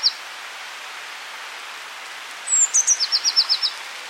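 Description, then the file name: Eurasian blue tit song: one brief high note, a quiet pause, then a full phrase of thin high notes ending in a quick trill. "Cyanistes caeruleus"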